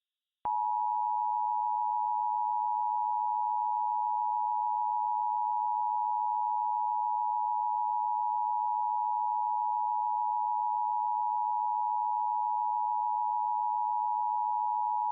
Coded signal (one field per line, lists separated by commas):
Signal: Emergency Alert System (SAME) tones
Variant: 853 and 960 Hz attention tone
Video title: EAS Scenario - What If? (1983)